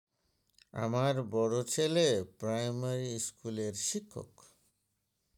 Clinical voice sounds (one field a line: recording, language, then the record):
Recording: elicited speech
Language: Bengali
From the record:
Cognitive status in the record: dementia